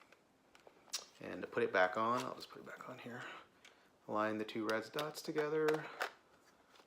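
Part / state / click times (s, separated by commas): interchangeable lens into camera body bayonet mount / not seated / none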